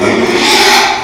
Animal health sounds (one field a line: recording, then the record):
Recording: squeal of a Yucatan mini pig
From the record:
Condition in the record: after surgery on the right vocal fold (resection and tissue-engineered implant)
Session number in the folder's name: 2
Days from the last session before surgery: 13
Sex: male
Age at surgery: 12 weeks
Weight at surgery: 13 kg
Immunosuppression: cyclosporine, prednisolone